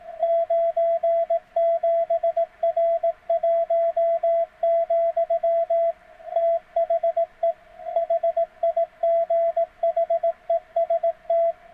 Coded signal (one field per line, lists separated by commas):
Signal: Morse code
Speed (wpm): 18 wpm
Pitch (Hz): 660 Hz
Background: radio noise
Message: 97R1, THE HIGHEST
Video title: CW Ain't For Machines!